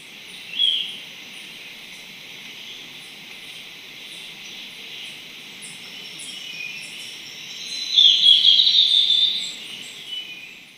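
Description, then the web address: Golden-faced Tyrannulet call: a single high note early, then a rapid twittering burst of high notes, over a dense background of insect hiss and pulsing. Ecuador; possibly an unnamed taxon. "Natures Songs S America Birds of Ecuador Golden-faced Tyrannulet (possible unnamed taxon)"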